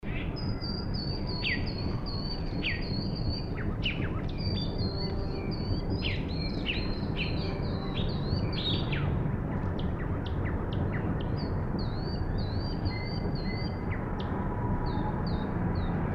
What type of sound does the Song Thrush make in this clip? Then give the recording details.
song. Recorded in the wild. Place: Lana, Bozen, IT. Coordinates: 46.5903, 11.1469. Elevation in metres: 699. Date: 1981-03-29. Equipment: Uher 4000 Report, Sennheiser MKH 815 T. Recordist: Tretzel, Erwin